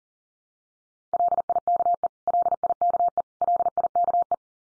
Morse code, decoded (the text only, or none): LIKE LIKE LIKE